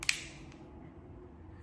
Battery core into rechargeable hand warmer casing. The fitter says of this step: And you would hear a click.